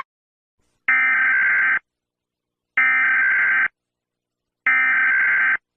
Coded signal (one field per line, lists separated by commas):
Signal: Emergency Alert System (SAME) tones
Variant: header bursts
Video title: EAs alarms 3